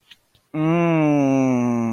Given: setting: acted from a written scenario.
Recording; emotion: vocal sound without words; desire